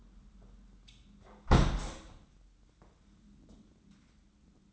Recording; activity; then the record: daily activity, microphone in the room; close window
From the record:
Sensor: 3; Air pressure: 994.4 hPa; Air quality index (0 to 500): 205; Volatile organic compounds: 1000 ppm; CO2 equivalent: 6865 ppm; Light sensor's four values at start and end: 95/224/90/83 and 94/223/90/82